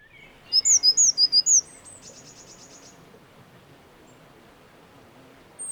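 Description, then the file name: Eurasian blue tit giving a quick series of several thin, high-pitched notes, followed by a soft, faint buzzy trill, then near silence. "Cyanistes caeruleus"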